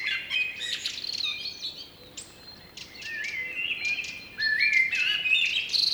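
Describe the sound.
Blackbird singing warbled phrases with high scratchy flourishes, growing louder toward the end.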